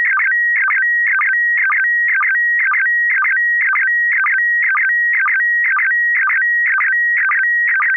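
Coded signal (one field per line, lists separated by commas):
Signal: SSTV (slow-scan television)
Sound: repeating warbling tone sweeps, about two per second, steady whistle between rasping bursts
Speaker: this is kind of a vintage photo photograph from the time of World War II uh just showing uh some of the uh uh lady U uh people who are enlisted in the Armed Forces back then uh black and white picture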